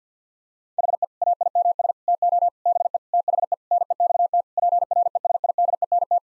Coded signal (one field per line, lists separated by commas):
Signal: Morse code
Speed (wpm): 50 wpm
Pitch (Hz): 700 Hz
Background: none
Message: HE AIMS TO BE THE NEXT PRESIDENT